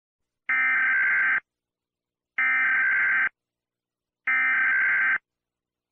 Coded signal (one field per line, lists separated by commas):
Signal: Emergency Alert System (SAME) tones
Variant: header bursts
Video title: Rating 25 EAS Alarms | Estilo Gacha Club | Pinstripe King SSJ4